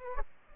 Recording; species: mosquito wingbeat signal from an infrared sensor; Aedes albopictus